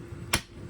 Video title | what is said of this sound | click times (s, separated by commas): I fabricated SQUAREBODY C10 door panel armrests | just snaps back in. | 0.3 s